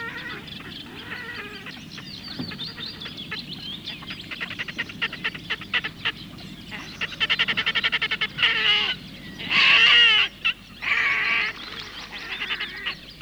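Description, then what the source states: Red-necked Grebe chattering in fast pulsed notes, then breaking into loud drawn-out squealing wails near the end, with a faint low rumble behind. Field recording.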